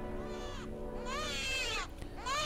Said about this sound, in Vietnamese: Nhưng cùng lúc đó, có tiếng trẻ con khóc vang dậy khắp quanh nhà, không rõ là từ đâu phát ra, chỉ biết là cái tiếng trẻ sơ sinh kêu gào thảm thiết lắm, xoáy vào tâm hồn của mỗi người.